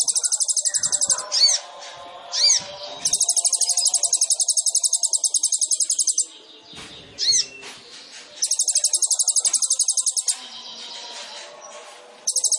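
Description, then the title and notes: Sunbird song: long, very high, fast buzzy trills of several seconds, broken by sharp upslurred notes and brief softer twittering. Indonesian masteran training recording of a ninja sunbird for songbirds, described as gacor, full of varied fills and shooting notes, suited to lure or provoke birds. "MASTERAN KOLIBRI NINJA TERBAIK FULL ISIAN DAN TEMBAKAN MEWAH COCOK BUAT PANCINGAN. Suara Burung Kolibri Ninja Gacor"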